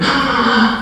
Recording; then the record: squeal of a Yucatan mini pig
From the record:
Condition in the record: after surgery on the right vocal fold (resection and tissue-engineered implant); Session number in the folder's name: 16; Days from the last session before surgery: 183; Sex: female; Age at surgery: 19 weeks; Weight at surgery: 25 kg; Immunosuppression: prednisolone